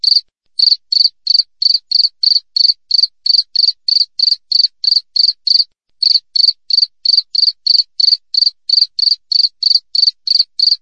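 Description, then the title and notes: Cricket repeating clean, high chirps about three a second in a long even run, with a brief pause at the start and another halfway. Clear wild cricket chirping with closely spaced pauses. "Jangkrik Alam Jernih, Jeda Rapat. suara jangkrik"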